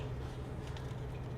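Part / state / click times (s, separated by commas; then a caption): crankcase vent hose connector onto engine vent port / not seated / none. The plastic quick-connect end of a crankcase vent hose on a 2006 BMW E90 325i/330i is handled at its port on the engine. A steady low hum with soft handling noise is heard. Nothing has seated or clicked yet.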